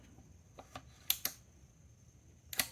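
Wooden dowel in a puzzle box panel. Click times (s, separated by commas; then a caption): 1.1 s. Pressing a spring-loaded wooden dowel in a puzzle box panel releases it, and it pops out with a sharp snap at 1.1 s, followed by a second click at 1.3 s. Fainter taps come just before at about 0.6 s and 0.8 s, and another pair of bright clicks lands near 2.5 s and 2.6 s over a quiet background with a faint steady high tone. The dowel is released.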